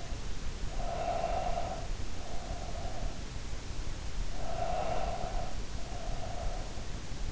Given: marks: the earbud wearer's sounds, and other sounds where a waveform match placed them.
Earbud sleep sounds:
sounds in sleep by an in-ear microphone; breath
0.62-3.40 s: breath
4.27-7.29 s: breath

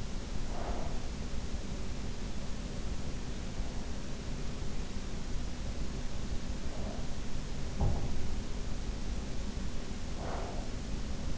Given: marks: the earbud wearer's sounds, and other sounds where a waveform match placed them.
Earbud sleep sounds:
sounds in sleep by an in-ear microphone; breath
0.00-1.46 s: breath
7.39-8.85 s: sound from someone else or the room
9.99-11.38 s: breath

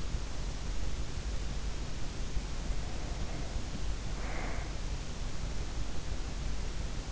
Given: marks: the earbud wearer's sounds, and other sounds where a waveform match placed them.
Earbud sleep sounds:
sounds in sleep by an in-ear microphone; breath
2.37-4.86 s: breath

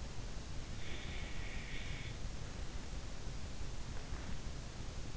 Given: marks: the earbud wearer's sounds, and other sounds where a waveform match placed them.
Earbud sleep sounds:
sounds in sleep by an in-ear microphone; breath
1.03-2.41 s: breath

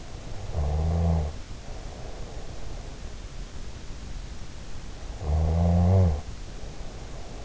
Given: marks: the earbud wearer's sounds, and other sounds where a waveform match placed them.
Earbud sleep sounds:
sounds in sleep by an in-ear microphone; snoring breath
0.37-2.79 s: snoring breath
5.09-7.44 s: snoring breath

